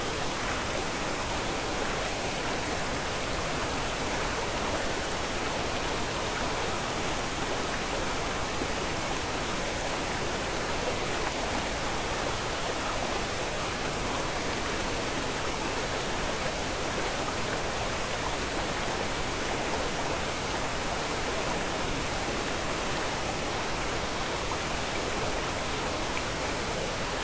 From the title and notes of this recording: Nature Sounds Sleep Aid 10Hz Waterfall.